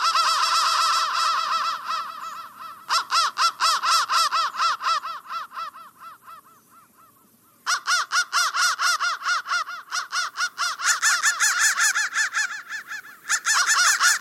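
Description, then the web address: Crow caws repeat rapidly in long volleys, broken by quieter gaps, with overlapping harsh notes suggesting several birds calling together. "soundfactory crow 1 crow 1 crow 1 bendthreads"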